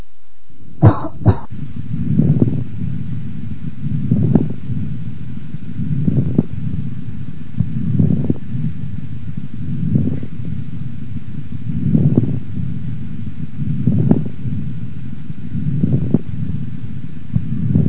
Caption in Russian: Влажные мелкопузырчатые хрипы у больной с острой бронхопневмонией. После покашливания. После покашливания характер хрипов изменился.